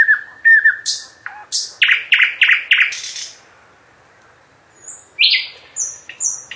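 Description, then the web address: Nightingale song: whistled notes, a run of loud downslurred notes, a dry buzzy rattle, a pause, then high sweeping whistles. "Physics is fun. slowik"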